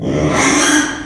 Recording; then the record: squeal of a Yucatan mini pig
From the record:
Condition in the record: after surgery on the right vocal fold (resection and tissue-engineered implant); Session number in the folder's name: 3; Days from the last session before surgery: 33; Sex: male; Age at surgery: 12 weeks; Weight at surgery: 13 kg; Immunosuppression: cyclosporine, prednisolone